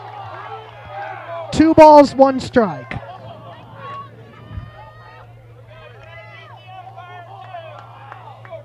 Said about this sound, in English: You can hear the Plattsmiths crowd reaction to that. They thought for sure they had the swing.